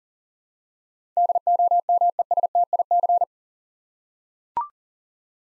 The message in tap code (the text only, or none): none